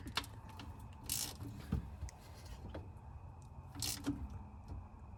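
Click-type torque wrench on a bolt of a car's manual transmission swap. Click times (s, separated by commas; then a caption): 3.8 s. A click-type torque wrench tightens a bolt on a car's manual transmission swap, with scraping and ratcheting sounds around it. The wrench clicks at 3.8 s, confirming the bolt is torqued to spec.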